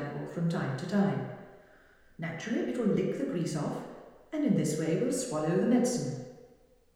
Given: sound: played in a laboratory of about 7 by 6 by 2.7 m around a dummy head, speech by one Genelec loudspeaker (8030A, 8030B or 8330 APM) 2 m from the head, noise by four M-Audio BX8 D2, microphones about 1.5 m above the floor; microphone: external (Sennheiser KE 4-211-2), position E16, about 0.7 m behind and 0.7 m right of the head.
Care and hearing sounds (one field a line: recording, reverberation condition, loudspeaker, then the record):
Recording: female speech in English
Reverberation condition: high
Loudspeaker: 90 degrees to the right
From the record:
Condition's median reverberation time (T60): about 1300 ms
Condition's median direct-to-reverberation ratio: about -4.0 dB